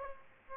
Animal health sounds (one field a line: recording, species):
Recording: mosquito wingbeat signal from an infrared sensor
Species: Aedes aegypti